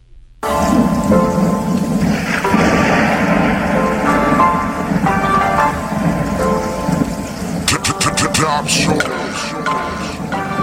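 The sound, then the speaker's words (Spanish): Steady rain pours down on a city with low rolling thunder, a sharp crackling burst of thunder breaking out partway through, all over a sustained tonal hum in the background. “Desde la ventana de una habitación, un hombre normal ve como la lluvia cae en la ciudad.”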